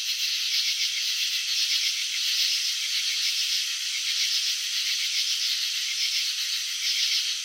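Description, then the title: Cricket chirping heard as a dense, high pulsing drone that holds steady, with slight waves of loudness. Crickets chirping, filmed in slow motion; wing vibrations and antenna movements shown. "Crickets in Slow Motion 📷. Capturing the Elegance of Chirping"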